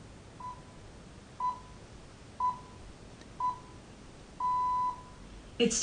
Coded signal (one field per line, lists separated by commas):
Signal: radio time signal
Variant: time pips